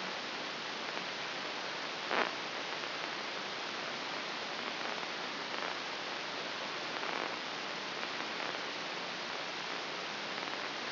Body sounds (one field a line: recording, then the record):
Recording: brain microelectrode recording played as sound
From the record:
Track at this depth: outside the subthalamic nucleus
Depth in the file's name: 7.505 mm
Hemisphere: left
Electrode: 3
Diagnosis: Parkinson's disease